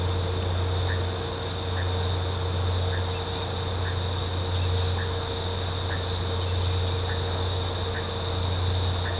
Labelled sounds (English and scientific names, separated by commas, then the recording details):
none
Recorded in pastures near Puerto Asís, Putumayo, Colombia, on 13 March 2025 at 16:00
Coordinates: 0.466, -76.322
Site CSA-02